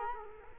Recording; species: mosquito wingbeat signal from an infrared sensor; Culex quinquefasciatus